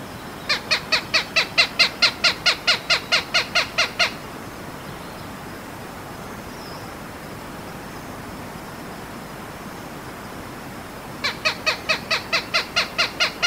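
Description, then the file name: Bicolored hawk giving a fast, regular series of harsh repeated cackling notes for about four seconds, then silence, then another run of the same notes over constant hiss. "accipiterbicolor"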